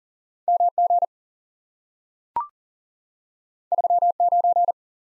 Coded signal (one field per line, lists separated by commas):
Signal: Morse code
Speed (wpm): 38 wpm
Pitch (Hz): 700 Hz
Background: none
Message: M G 3 9